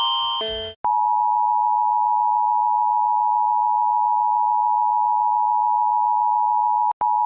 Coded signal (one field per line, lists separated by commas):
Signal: Emergency Alert System (SAME) tones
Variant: 853 and 960 Hz attention tone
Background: music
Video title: EAS Somorset